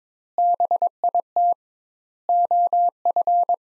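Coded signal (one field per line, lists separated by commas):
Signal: Morse code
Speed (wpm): 22 wpm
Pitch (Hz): 700 Hz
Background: none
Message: BIT OF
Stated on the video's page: Morse practice drill of four-word sets at 22 wpm with 2x word spacing, a Farnsworth-like method applied to words.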